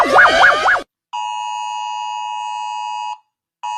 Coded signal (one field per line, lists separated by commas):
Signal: Emergency Alert System (SAME) tones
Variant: 853 and 960 Hz attention tone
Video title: Rating EAS alarms I guess